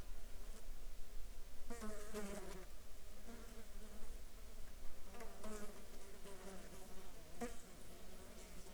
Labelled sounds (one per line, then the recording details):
insects
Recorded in the Arctic National Wildlife Refuge, Alaska, on 16 July 2019 at 14:44
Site 35